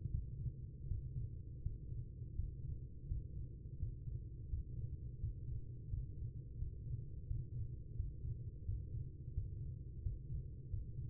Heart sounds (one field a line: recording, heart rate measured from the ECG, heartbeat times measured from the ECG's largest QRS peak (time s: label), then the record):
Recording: heart sounds by stethoscope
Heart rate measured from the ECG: 85 bpm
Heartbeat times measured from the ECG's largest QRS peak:
0.09 s: heartbeat
0.86 s: heartbeat
1.61 s: heartbeat
2.33 s: heartbeat
3.06 s: heartbeat
3.77 s: heartbeat
4.48 s: heartbeat
5.18 s: heartbeat
5.88 s: heartbeat
6.56 s: heartbeat
7.25 s: heartbeat
7.94 s: heartbeat
8.63 s: heartbeat
9.32 s: heartbeat
10.01 s: heartbeat
10.68 s: heartbeat
From the record:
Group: healthy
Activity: Valsalva maneuver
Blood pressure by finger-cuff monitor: 127/100 mmHg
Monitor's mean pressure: 107 mmHg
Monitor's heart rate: 87 bpm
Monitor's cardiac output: 4.8 L/min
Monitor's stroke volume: 56 mL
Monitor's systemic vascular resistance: 1650 dyn s/cm5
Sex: female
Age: 43 years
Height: 160 cm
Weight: 90 kg